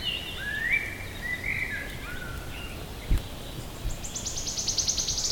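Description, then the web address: Wood warbler starting a fast, high, accelerating trill at the end, after clear whistled phrases from another bird. "linnut sirittaja"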